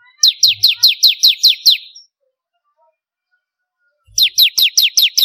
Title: Kicau Ciblek Kristal